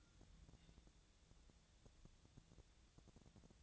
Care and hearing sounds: daily activity, microphone in the room; take from stove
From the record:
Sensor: 3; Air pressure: 999.9 hPa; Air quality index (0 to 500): 126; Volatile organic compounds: 2 ppm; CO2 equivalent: 1134 ppm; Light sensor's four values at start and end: 45/113/49/54 and 45/113/49/54

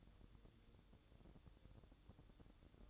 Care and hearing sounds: daily activity, microphone in the room; light on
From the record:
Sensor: 3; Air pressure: 1007.9 hPa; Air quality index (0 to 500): 100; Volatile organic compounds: 1 ppm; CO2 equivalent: 840 ppm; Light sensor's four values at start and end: 9/21/8/8 and 17/47/20/17

